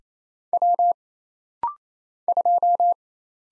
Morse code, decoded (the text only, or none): W 2